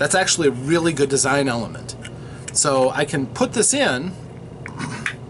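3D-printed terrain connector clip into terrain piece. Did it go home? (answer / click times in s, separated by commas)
yes / 5.1 s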